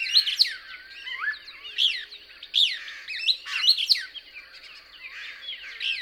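Couch's Kingbird song, loud twittered bursts of sharp up-and-down notes repeated roughly every second, with softer sweeping notes between them.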